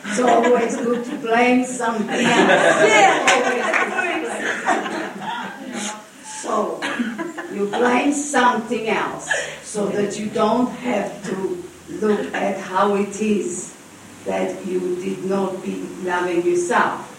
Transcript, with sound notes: So it is always good to blame something. (Much laughter) So you blame something else so that you don't have to look at how it is that you did not be loving yourself.